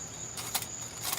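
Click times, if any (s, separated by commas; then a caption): none. On a folding backpack rocket stove, the metal grate is being flipped over into position in the stove body, with light handling noises and a brief sharper transient around 0.6 s over a steady high-pitched background tone. Nothing has seated or clicked into place yet; the clip ends before the grate locks.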